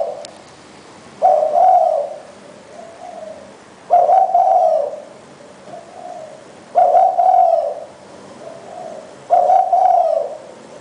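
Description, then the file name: Spotted dove delivering four hoarse coo phrases at even intervals of under three seconds, softer low coos filling the pauses. "นกเขาใหญ่"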